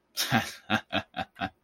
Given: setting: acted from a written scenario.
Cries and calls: vocal sound without words; amusement

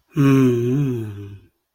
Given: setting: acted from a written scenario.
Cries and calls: vocal sound without words; sympathy

